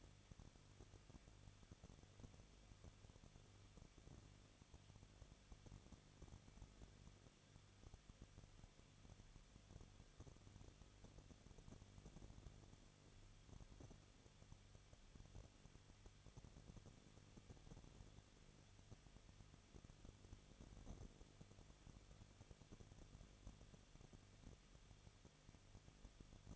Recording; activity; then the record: daily activity, microphone in the room; no activity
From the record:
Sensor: 4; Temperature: 23.0 degrees Celsius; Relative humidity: 34.6%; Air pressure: 1007.3 hPa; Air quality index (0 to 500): 217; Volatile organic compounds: 15 ppm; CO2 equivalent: 2516 ppm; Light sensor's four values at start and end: 2/3/1/1 and 2/3/1/1